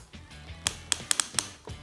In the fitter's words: those clicks and you can't tighten it any more and now it's secure